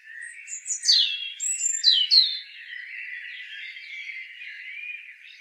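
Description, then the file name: European robin singing a quick cluster of high, thin descending whistles in the first two seconds, then a softer, continuous lower warbling chatter. "Erithacus rubecula"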